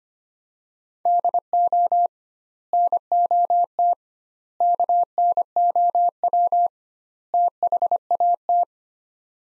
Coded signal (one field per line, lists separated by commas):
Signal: Morse code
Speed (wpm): 25 wpm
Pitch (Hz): 700 Hz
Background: none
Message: DO NOT KNOW THAT